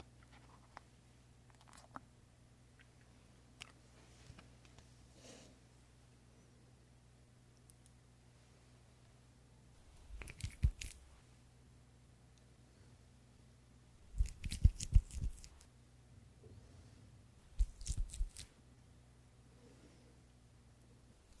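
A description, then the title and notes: Creamy products being squished and rubbed, with quiet sparse clicks, then wet bursts near 10, 14–15 and 18 seconds over a low steady hum. ASMR First Person Skin care Room (Korean) (ASMR Boyoung). This Asmr has a lot of creamy products, and a lot of massages.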